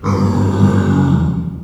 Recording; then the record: squeal of a Yucatan mini pig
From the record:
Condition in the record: after surgery on the right vocal fold (resection and tissue-engineered implant); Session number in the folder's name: 16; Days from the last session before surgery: 183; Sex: female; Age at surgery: 19 weeks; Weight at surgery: 25 kg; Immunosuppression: prednisolone